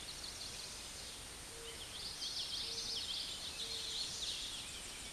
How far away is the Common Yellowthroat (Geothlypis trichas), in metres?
about 35 m